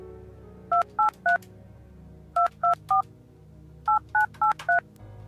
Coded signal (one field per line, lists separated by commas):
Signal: DTMF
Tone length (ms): 130 ms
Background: music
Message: 283 224 8983